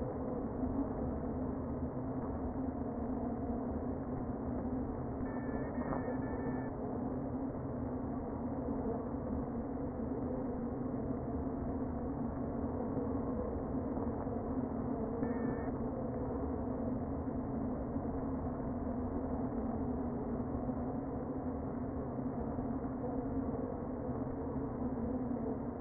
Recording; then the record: honeybee colony, microphone inside the hive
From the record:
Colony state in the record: queen present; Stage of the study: before two queens were removed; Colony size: about 60,000 bees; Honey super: yes